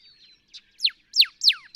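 Northern cardinal song: a soft whistle, then three clear, steeply falling slurred notes about a third of a second apart.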